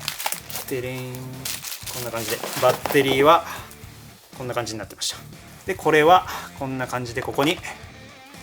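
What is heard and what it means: A 12V slide-in battery pack is handled at the handle of a small Milwaukee cordless chainsaw while someone talks throughout, with a few brief sharp handling sounds near the start. The clip ends before the battery goes home, so nothing has seated or clicked yet.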